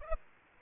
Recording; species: mosquito wingbeat signal from an infrared sensor; Aedes aegypti